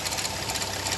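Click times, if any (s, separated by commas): none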